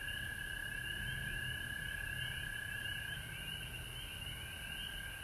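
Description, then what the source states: Frog chorus of continuous trilling and rapid repeated chirps, over a low background rumble. Recorded at home in Georgia on March 19, 2020.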